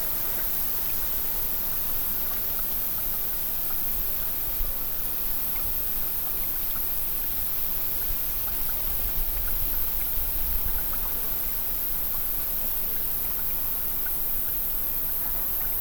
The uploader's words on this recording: Breezy Meadow at Dusk. Water and nature sounds.